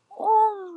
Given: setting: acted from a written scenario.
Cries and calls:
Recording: vocal sound without words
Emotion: shame

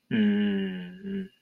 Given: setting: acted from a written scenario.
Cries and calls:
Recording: vocal sound without words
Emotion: neutral

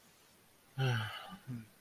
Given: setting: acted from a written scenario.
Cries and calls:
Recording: vocal sound without words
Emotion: guilt

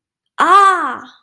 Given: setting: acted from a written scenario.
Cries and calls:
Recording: vocal sound without words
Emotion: realization

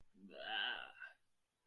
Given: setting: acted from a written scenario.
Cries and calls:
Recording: vocal sound without words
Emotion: disgust

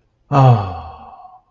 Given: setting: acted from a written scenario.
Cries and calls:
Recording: vocal sound without words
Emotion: ecstasy

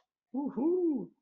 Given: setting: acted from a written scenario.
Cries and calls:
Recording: vocal sound without words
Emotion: pride

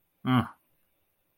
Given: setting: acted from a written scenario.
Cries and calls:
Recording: vocal sound without words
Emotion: contempt

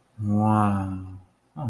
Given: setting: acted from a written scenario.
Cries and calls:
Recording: vocal sound without words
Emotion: romantic love

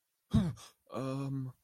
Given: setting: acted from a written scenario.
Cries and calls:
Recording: vocal sound without words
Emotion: negative surprise

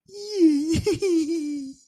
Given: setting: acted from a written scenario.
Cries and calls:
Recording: vocal sound without words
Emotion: adoration

